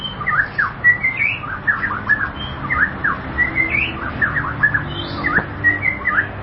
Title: Kicau Murai Batu